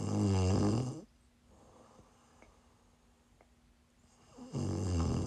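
An adult woman snores in her sleep: two loud, low-pitched, rattling snores, each lasting about a second, separated by roughly three and a half seconds of quiet breathing. The snoring is rough and vibrating, from the throat, heard as ASMR for relaxing and winding down to sleep.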